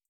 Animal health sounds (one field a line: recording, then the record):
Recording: hydrophone in a shrimp aquaculture tank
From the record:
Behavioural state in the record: starved